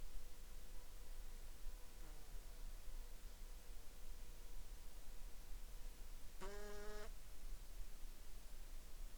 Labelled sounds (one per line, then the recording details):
insects
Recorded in the Arctic National Wildlife Refuge, Alaska, on 18 July 2021 at 21:57
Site 41